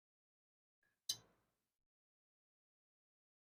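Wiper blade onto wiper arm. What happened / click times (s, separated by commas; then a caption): The wiper blade clicked onto the arm / 1.1 s. A new wiper blade is pushed onto the wiper arm hook of a 2005 Toyota Camry 2.4 liter. After near silence and a faint brief tone around 0.8 s, a sharp, bright click sounds at 1.1 s and fades out by about 1.5 s, then silence returns. The blade clicks into place and is confirmed seated on the arm.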